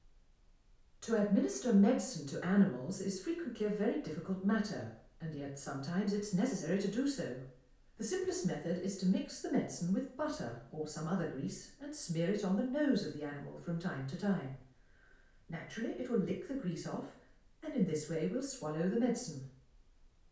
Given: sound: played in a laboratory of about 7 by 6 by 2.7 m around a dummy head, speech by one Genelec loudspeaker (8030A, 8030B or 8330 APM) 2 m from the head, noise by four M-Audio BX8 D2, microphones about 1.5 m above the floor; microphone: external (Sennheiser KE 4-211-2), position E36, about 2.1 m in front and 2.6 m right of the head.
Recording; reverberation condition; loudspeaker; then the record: female speech in English; medium; behind (180 degrees)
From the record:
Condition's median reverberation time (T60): about 510 ms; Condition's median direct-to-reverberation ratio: about -0.5 dB